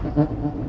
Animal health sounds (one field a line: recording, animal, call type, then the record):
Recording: contact call of a hoofed animal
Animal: goat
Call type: low-frequency (closed-mouth) or high-frequency (open-mouth) call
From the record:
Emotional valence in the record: positive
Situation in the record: food anticipation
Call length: 0.69 s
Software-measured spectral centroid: 950 Hz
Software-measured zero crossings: 580 a second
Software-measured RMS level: -23 dBFS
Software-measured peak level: -6 dBFS